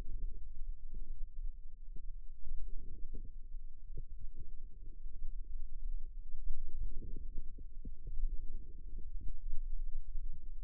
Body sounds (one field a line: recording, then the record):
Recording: forearm muscle sounds (acoustic myography)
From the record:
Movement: wrist flexion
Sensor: system 2, bracelet of six BSWA MPA416 microphones around the upper forearm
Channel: 2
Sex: female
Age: 22 years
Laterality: right